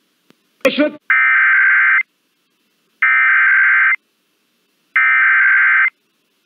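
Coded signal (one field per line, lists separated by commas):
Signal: Emergency Alert System (SAME) tones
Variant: header bursts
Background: speech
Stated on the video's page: NOAA Weather Radio activations: severe thunderstorm watches and warnings plus Required Weekly Tests.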